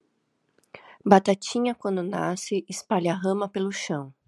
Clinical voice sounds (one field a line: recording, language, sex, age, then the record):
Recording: short text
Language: Brazilian Portuguese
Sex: female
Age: 40 to 49 years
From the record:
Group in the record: control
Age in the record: 41 years